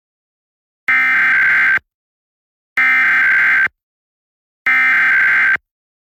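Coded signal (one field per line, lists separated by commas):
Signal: Emergency Alert System (SAME) tones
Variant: header bursts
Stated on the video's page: Pennsylvania statewide EAS Required Monthly Test, received on radio, cable, streaming and TV stations.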